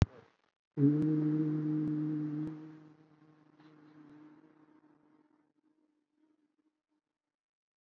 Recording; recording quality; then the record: sustained vowel as in boot; moderate, slight background noise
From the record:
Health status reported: COVID-19 positive, mild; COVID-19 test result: positive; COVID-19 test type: RT-PCR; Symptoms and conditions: cough, cold, fatigue, muscle pain, diabetes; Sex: male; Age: 48 years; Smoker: no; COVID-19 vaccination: both doses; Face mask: worn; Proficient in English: yes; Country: India